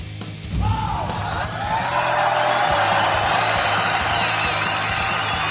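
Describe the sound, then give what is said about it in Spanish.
A burst of canned applause, recorded at the Apolo theater in Almería, with cheering and whoops swells in quickly and holds steady, a dense, loud wash of clapping and crowd yells throughout. “Estos aplausos enlatados están grabados en el Apolo.”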